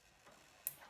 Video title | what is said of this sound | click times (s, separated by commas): SYMA X8 Drone Blade replacement, body, fuselage and cap Repairs SYMA X8 renovate crashed drone | click that's now locked on | 0.7 s